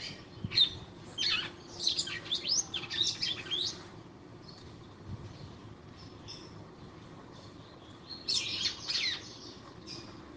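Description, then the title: Red-cowled cardinal song: rapid bursts of high, scratchy chirps in two busy phrases separated by a quieter stretch of scattered faint notes. Fiery female singing to the male. "Canto Galo Campina Fêmea. FÊMEA DE GALO DE CAMPINA FOGOSA CANTANDO PRO MACHO"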